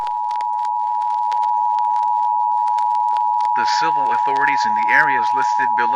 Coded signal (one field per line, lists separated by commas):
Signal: Emergency Alert System (SAME) tones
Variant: 853 and 960 Hz attention tone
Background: speech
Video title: Reflections, a short EAS scenario (Read description)